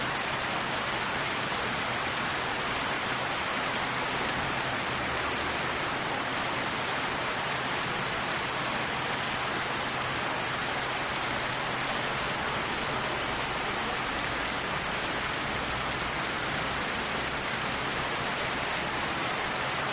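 Rain patters steadily against a window, a dense, even hiss of countless drops that stays unchanged for the whole stretch. The sound is bright, with fine crackling detail on top and a faint low rumble underneath.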